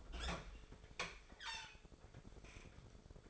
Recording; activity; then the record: daily activity, microphone in the room; open fridge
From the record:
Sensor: 5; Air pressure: 1004.7 hPa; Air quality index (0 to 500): 162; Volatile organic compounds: 3 ppm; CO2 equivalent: 1531 ppm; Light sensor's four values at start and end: 20/45/18/16 and 21/48/19/18